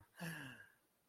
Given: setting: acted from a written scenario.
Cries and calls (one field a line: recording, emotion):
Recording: vocal sound without words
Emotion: positive surprise